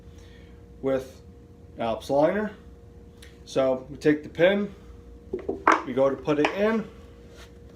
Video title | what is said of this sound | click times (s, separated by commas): prosthetic don't episode 1 | and guess what it should click in there's no clicks | none